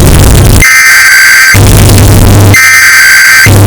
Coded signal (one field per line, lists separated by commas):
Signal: Emergency Alert System (SAME) tones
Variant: header bursts